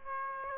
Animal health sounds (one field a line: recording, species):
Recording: mosquito wingbeat signal from an infrared sensor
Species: Aedes aegypti